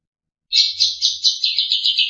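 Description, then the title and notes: Long-tailed Shrike making a scratchy, rasping series of about nine pulsed notes that drifts slightly lower in pitch toward the end. "Pentet 201703. Suara burung pentet"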